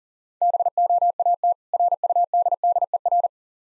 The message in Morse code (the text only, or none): BOAT RUDDER